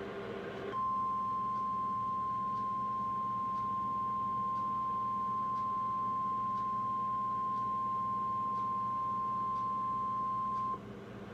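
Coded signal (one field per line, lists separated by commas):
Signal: Emergency Alert System (SAME) tones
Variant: 1050 Hz attention tone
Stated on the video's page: Test Tornado Warning for Wyoming received on weather radio.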